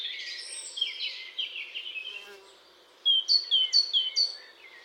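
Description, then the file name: Great tit calls: a scratchy chattering run, a brief pause, then a quick series of several sharp, high, downward-hooked notes. "Parus major"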